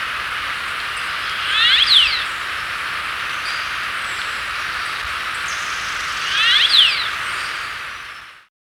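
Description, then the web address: Turquoise jay making two grating, buzzy calls about five seconds apart against steady hissing noise that stops abruptly at the end. Recorded in Ecuador. "S America Birds of Ecuador. Turquoise Jay"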